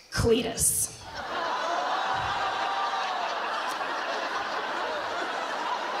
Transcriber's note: laughter